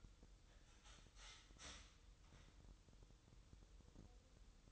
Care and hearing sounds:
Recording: daily activity, microphone in the room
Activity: start toaster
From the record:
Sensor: 3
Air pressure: 988.5 hPa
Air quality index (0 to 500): 194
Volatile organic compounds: 296 ppm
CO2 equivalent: 4472 ppm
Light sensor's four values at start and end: 23/72/30/26 and 23/72/30/26

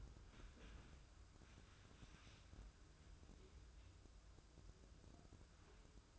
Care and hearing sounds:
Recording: daily activity, microphone in the room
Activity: wipe stove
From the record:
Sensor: 2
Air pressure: 995.9 hPa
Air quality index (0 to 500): 90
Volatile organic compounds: 4 ppm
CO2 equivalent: 1657 ppm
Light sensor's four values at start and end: 22/73/28/27 and 22/73/28/27

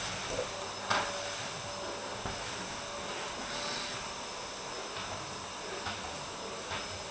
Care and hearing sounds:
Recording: daily activity, microphone in the room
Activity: vacuum cleaning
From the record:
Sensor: 2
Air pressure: 1011.7 hPa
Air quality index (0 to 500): 220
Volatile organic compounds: 4 ppm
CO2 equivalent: 1549 ppm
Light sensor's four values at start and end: 6/13/5/6 and 7/17/7/7

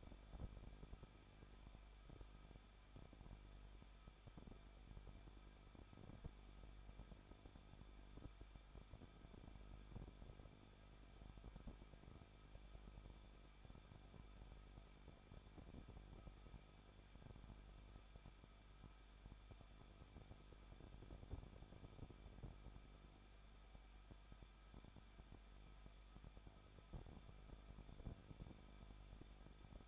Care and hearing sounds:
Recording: daily activity, microphone in the room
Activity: no activity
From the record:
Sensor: 5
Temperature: 20.8 degrees Celsius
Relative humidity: 38.2%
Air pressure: 1006.6 hPa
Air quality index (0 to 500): 186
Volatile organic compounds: 18 ppm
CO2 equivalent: 2608 ppm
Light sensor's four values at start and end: 2/3/1/1 and 2/3/1/1

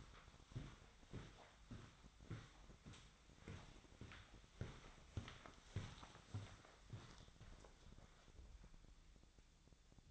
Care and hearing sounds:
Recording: daily activity, microphone in the room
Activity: walk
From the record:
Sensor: 3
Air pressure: 1009.3 hPa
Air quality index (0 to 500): 194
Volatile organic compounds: 4 ppm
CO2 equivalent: 1563 ppm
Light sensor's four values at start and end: 58/148/66/68 and 58/151/66/69

